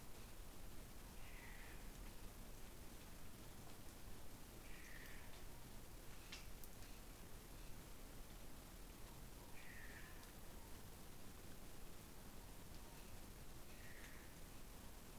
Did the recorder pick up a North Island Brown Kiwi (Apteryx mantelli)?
no